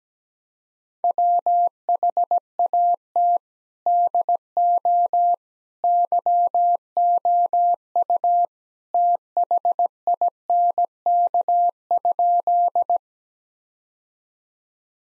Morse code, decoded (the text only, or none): WHAT DO YOU THINK?